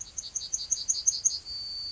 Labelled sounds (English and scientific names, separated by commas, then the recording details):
Yellowhammer (Emberiza citrinella) song
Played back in grassland
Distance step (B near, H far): D
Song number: 135